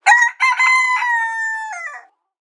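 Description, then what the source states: Chicken: rooster crowing: a short opening note, then one long, steady, harmonic note that steps down and breaks at the end. The whole crow lasts about two seconds. Young rooster crowing cock-a-doodle-doo.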